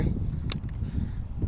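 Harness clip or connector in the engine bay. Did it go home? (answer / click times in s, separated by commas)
yes / 0.5 s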